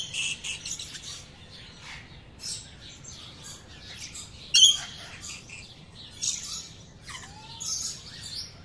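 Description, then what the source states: Mixed birds chorus with rapid scattered chirps, brief squeaky notes, one abrupt loud call midway and a soft rising whistle later, all layered over quiet background. Multiple birds in a South American rainforest jungle at dawn.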